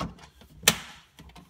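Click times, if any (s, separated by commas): 0.7 s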